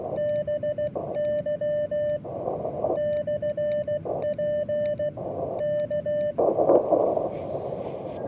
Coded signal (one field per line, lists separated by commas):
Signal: Morse code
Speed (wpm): 16 wpm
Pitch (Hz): 1800 Hz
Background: radio noise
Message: BY/P K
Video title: Awesome Scenery Mountain 4WD Radio Bug-Out.